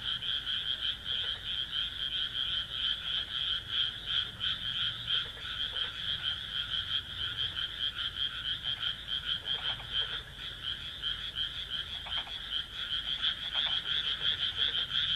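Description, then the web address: Frog giving an unbroken, high, grating trill with a steady throb, joined at intervals by brief lower clicking notes, with a quiet rumble below. "kaeru kaeru"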